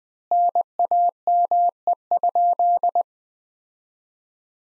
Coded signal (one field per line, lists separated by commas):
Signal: Morse code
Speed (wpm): 20 wpm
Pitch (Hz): 700 Hz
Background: none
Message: NAME?